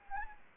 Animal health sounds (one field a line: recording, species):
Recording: mosquito wingbeat signal from an infrared sensor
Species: Anopheles arabiensis